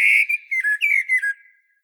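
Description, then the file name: Common blackbird song phrase: a fluted, warbling run of mellow whistles that slide and drop in pitch, ending in a soft trailing note, with no other sounds. "Turdus merula"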